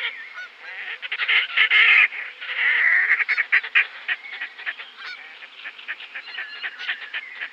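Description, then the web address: Red-necked grebe giving a dense run of loud, harsh braying and honking calls that swell and overlap, then break into quicker stuttering notes toward the end. Western USA. "Songs of Birds of North America Western USA Songbirds. Red-Necked Grebe"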